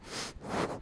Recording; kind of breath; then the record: one breath in and out by a microphone near the nose and mouth; strong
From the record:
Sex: male